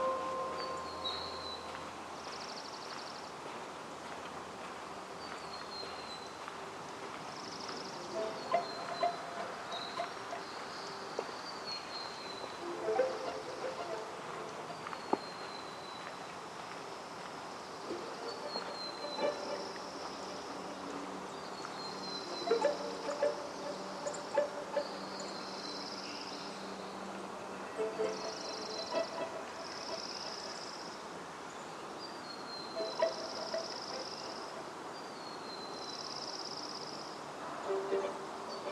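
Ambience in the Upper Macleay section of Forest Park, Portland, Oregon: high, repeated bird calls chirp every second or two over a steady low murmur. Short clicks and snaps pop up throughout, with a few louder ones, and a faint hum stays underneath.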